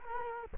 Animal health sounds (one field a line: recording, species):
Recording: mosquito wingbeat signal from an infrared sensor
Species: Culex quinquefasciatus